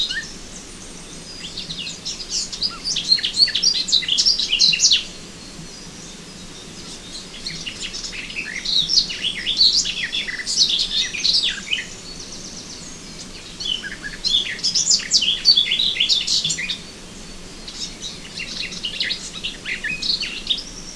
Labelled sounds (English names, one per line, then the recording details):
Garden Warbler song
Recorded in the wild
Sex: male
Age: adult
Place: Krüseliner Mühle, Feldberger Seenlandschaft, Mecklenburg-Vorpommern, DE
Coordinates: 53.2664, 13.4164
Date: 2000-05-27
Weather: clear, 15°C
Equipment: Sony TCD-D8, Telinga Pro 5
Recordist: Frommolt, Karl-Heinz